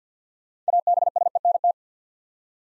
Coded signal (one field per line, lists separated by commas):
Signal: Morse code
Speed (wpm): 50 wpm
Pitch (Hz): 700 Hz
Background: none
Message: ABSENT